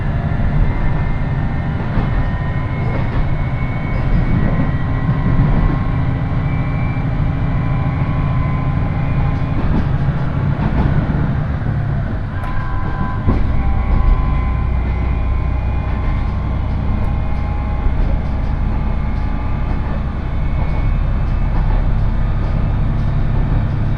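A one-car railbus on the Ise Railway rumbles along with a steady, heavy low drone of engine and wheels. Thin whining tones hold above it, with faint clicks and knocks scattered throughout and a brief shift in the engine's pitch around the middle.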